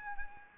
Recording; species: mosquito wingbeat signal from an infrared sensor; Anopheles arabiensis